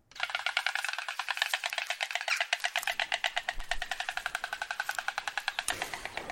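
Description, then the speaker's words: White stork bill-clattering, a rapid dry wooden rattle of evenly spaced clacks running for about six seconds. Two parent storks greeting each other at their nest before feeding their newborn chicks, atop an old oak tree in West Sussex, UK; the first such wild stork greeting in the UK. "is the sound of two proud white stork parents greeting each other at their nest before feeding their newborn chicks."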